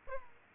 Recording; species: mosquito wingbeat signal from an infrared sensor; Aedes aegypti